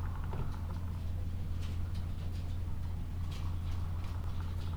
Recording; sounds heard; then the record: poultry house recording; sick chickens (respiratory disease)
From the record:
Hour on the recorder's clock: 12